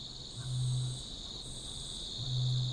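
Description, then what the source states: Australasian bittern giving deep, low booming notes over a steady high insect buzz. Mating call.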